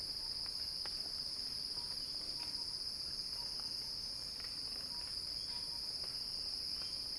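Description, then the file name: Cicada buzz, continuous and shrill, holding one even pitch throughout, with soft scattered chirps and ticks underneath. Cicada song building as a crescendo. "earth-fm Axel-Drioli Cicada-Crescendo-Sounding-Wild"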